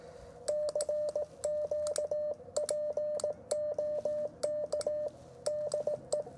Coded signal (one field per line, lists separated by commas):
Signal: Morse code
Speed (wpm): 18 wpm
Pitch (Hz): 600 Hz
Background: radio noise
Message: CQ POK DE